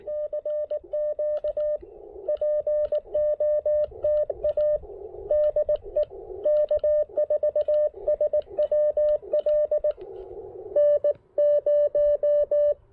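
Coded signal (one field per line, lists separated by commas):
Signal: Morse code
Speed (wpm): 19 wpm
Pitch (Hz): 600 Hz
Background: radio noise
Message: CQ POTA DE K4SWL N0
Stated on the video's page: QRP CW POTA park activation with an Icom IC-705 into a Chameleon Tactical Delta Loop antenna on 10, 12, 15, 17 and 20 meters.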